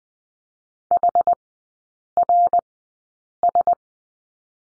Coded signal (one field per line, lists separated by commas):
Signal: Morse code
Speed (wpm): 20 wpm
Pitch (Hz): 700 Hz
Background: none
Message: HRS